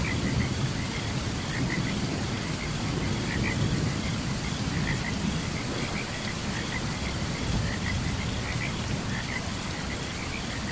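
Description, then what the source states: Frogs croak in short chirpy bursts at an uneven pace over a continuous hiss of rain. Frogs chirping during a thunderstorm.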